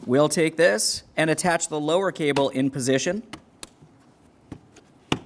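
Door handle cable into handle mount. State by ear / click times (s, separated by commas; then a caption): seated / 5.1 s. Someone talks, then the lower door handle cable is pressed into its mount on the left rear interior door handle of a 2012-2018 Nissan Altima while the door panel is being reinstalled. A few faint taps come before a sharp click at 5.1 s as the cable seats and is secured in place.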